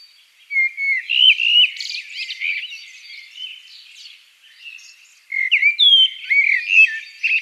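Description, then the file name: Eurasian blackbird giving quick, varied chirps and short slurred whistles, two bursts separated by a quieter stretch of soft twittering. "Turdus merula"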